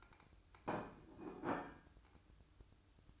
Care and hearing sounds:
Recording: daily activity, microphone in the room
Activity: place plate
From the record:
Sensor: 2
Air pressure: 1007.4 hPa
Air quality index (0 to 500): 41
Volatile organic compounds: 1 ppm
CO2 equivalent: 544 ppm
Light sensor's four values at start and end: 6/15/6/6 and 6/15/6/6

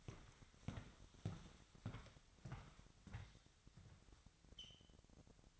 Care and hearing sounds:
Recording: daily activity, microphone in the room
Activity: walk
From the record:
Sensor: 3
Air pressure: 1001.6 hPa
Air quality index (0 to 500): 230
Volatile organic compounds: 35 ppm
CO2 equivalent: 3053 ppm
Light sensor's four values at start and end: 13/39/17/15 and 13/39/17/14

